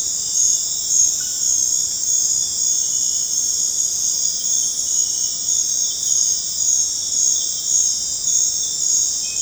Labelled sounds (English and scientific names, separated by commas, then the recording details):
none
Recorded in dense forest near Puerto Asís, Putumayo, Colombia, on 26 December 2024 at 22:30
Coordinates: 0.468, -76.322
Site G071